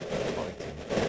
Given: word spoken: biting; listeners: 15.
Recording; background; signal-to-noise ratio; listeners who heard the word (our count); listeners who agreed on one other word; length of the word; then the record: one English word in noise, from a listening test; noise modulated by three-talker babble; -6.5 dB; 0 of 15; 9 of 15; 0.69 s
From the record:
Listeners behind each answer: 9, 2, 1, 1, 1, 1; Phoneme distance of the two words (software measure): 10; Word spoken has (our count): 2 syllables, 5 phonemes, stress on syllable 1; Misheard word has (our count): 2 syllables, 5 phonemes, stress on syllable 1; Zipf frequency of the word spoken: 3.84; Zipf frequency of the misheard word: 4.87